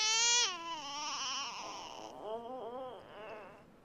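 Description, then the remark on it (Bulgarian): A frightened baby cries in loud, high-pitched wails, starting with a long falling cry and breaking into shorter wavering sobs, with no talking over it. “Стига, изплаши го!”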